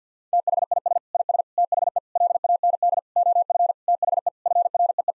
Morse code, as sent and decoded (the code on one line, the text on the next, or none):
- .... .. ... / .. ... / - .... . / .-.. .- -. -.. / --- ..-. / - .... . / ..-. .-. . .
THIS IS THE LAND OF THE FREE